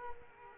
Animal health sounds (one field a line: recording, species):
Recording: mosquito wingbeat signal from an infrared sensor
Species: Culex quinquefasciatus